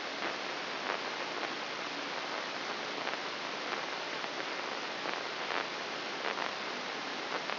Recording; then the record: brain microelectrode recording played as sound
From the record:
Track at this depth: inside the subthalamic nucleus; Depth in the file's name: 4.31 mm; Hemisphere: left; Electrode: 3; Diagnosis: Parkinson's disease